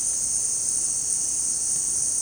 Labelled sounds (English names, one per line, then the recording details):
none
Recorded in secondary vegetation near Puerto Asís, Putumayo, Colombia, on 25 June 2025 at 17:00
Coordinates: 0.484, -76.319
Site G074